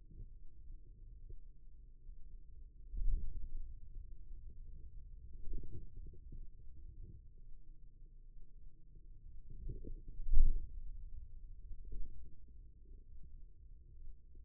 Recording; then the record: forearm muscle sounds (acoustic myography)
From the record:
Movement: hand opening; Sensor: system 2, bracelet of six BSWA MPA416 microphones around the upper forearm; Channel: 3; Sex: male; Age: 22 years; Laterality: right